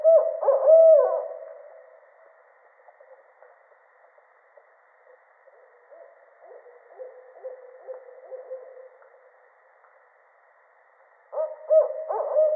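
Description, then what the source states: Barred owl hoots, a loud slurred burst at the start, then faint low hoots for several seconds, and another loud series near the end. Recorded 13 October 2010.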